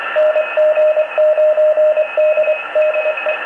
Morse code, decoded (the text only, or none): NG9D DE